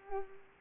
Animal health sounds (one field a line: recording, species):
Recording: mosquito wingbeat signal from an infrared sensor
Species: Culex pipiens